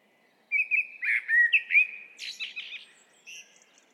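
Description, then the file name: Eurasian blackbird delivers one flowing fluted phrase of several mellow notes, followed by a burst of scratchy high twitters and a thin final note. "Turdus merula"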